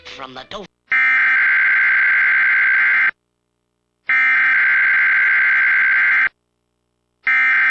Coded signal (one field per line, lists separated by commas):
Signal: Emergency Alert System (SAME) tones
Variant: header bursts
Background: speech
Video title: EAS NWR Required Weekly Test (5/27/26)